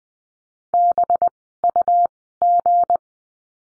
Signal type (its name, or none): Morse code